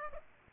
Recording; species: mosquito wingbeat signal from an infrared sensor; Aedes aegypti